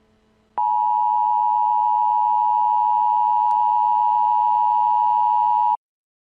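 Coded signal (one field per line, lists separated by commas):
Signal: Emergency Alert System (SAME) tones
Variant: 853 and 960 Hz attention tone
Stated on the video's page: Fictional EAS scenario with valid EAS tones.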